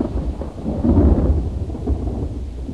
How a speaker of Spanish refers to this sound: Estos años ha quedado poco porque ha habido mucha seca, pero ya Dios se está acordando de nosotros, ha empezado a llover, ya vendrá lo demás después.